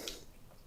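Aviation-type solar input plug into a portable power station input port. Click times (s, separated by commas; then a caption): 0.1 s. An aviation-type solar input plug is lined up red dot to red dot with the input socket of a portable power station and pushed in. It seats with a single soft, sharp click at 0.1 s, followed by quiet low background noise. The plug is seated.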